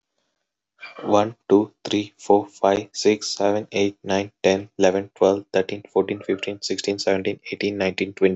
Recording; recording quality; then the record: counting at a fast pace; excellent, no background noise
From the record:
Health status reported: healthy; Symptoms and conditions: none ticked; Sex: male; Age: 24 years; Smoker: not ticked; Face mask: not worn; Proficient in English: yes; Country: India